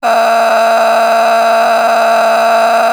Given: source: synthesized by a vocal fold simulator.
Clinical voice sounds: sustained vowel; female; a random mix of aspiration noise, stiffness perturbation and strain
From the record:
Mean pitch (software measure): 228 Hz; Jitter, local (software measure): 3.69%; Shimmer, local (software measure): 12.4%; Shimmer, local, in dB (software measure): 1.17 dB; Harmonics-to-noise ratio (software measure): 8.3 dB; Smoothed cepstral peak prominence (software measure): 9.5 dB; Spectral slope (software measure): -16.8 dB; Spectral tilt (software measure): -8.8 dB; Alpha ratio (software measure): -7.3 dB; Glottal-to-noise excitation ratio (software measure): 0.845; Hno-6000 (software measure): 1.7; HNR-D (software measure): 29.7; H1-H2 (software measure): -2.4 dB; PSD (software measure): 1.5e-03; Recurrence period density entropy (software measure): 0.131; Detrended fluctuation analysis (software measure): 0.0105

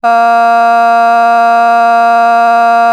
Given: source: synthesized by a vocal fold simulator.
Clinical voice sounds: sustained vowel; female; vocal strain, level 5 of 10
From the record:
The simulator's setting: 0.44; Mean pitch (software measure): 233 Hz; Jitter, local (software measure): 0.38%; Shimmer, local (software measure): 1.8%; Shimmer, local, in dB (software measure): 0.15 dB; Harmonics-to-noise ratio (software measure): 28.0 dB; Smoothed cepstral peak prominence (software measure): 21.5 dB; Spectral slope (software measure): -17.9 dB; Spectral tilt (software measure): -7.7 dB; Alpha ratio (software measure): -8.4 dB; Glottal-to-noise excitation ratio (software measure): 0.990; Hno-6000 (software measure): 2.0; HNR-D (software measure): 41.5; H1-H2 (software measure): -1.7 dB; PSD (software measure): 2.0e-05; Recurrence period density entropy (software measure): 0.124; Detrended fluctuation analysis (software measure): 0.0109

